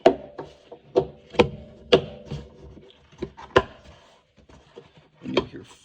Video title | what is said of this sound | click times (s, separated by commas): 2024 2023 2022 2021 2020 2019 2018 Toyota Camry hood strut lift kit complete install-link in comment | you'll hear 4 clicks. | 0.1 s, 1.4 s, 1.9 s, 3.6 s